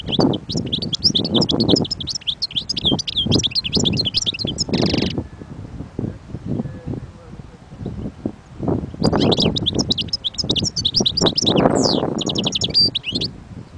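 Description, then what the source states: European goldfinch singing fast, bright twittering phrases with a brief buzzy note, then a pause before another bout; low thumping rumbles run underneath throughout. Wild bird.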